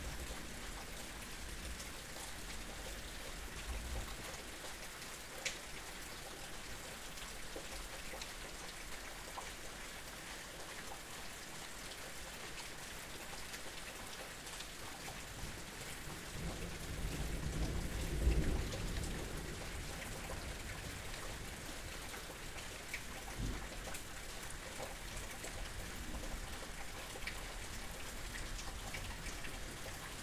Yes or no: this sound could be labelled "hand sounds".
no